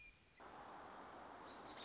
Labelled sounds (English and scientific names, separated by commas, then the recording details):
American Robin (Turdus migratorius)
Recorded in Sonoma County, California